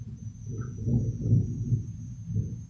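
A low, rolling rumble of thunder swells and ebbs over a few seconds, peaking twice, with a faint steady high whine running underneath and no voices.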